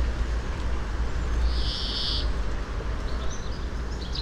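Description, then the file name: European greenfinch giving a single drawn-out, buzzy wheeze lasting about a second, over a steady low rumble of background noise. "Chloris chloris"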